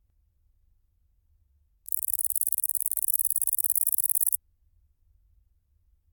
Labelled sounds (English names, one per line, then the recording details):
Great Green Bush-cricket stridulation
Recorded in captivity
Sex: male
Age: imago
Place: Athen, Hymettos, GR
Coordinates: 37.8647, 23.8089
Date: 2010-06-30 17:37
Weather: 29°C
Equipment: Fostex FR2-LE, Sennheiser MKH 40 P48
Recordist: Frommolt, Karl-Heinz
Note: Tettigonia viridissima collected as larvae in Greece. Single song. Sound recordings were done in anechoic chamber. The light was off clock 17:31. Distance from microphone 30 cm